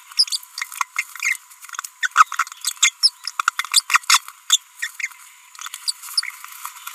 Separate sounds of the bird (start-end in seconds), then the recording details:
2.03-2.07, 2.16-2.23, 2.65-2.72, 2.83-2.90, 3.03-3.10, 3.72-3.81, 3.90-3.98, 4.10-4.21, 4.50-4.57. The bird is a female. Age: 30 days. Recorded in a nest box in Venezuela. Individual 17B42B3